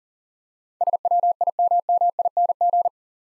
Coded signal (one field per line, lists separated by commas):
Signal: Morse code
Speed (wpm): 40 wpm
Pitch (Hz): 700 Hz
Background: none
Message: SWIMMING